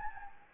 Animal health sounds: mosquito wingbeat signal from an infrared sensor; Anopheles gambiae

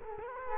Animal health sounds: mosquito wingbeat signal from an infrared sensor; Culex quinquefasciatus

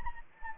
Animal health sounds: mosquito wingbeat signal from an infrared sensor; Anopheles gambiae

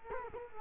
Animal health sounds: mosquito wingbeat signal from an infrared sensor; Culex quinquefasciatus

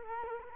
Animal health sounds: mosquito wingbeat signal from an infrared sensor; Culex quinquefasciatus

